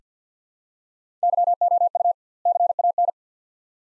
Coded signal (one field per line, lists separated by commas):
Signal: Morse code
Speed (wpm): 49 wpm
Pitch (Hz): 700 Hz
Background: none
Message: YOU CAN